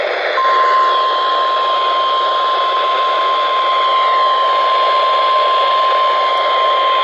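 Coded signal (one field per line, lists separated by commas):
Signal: Emergency Alert System (SAME) tones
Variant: 1050 Hz attention tone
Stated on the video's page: Real Required Weekly Tests received on NOAA Weather Radio.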